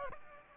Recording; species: mosquito wingbeat signal from an infrared sensor; Aedes aegypti